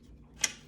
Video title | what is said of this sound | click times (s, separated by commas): The Norwex Mop | all you do is line up the two dots on the base with the holes on the handle listen for the click | 0.4 s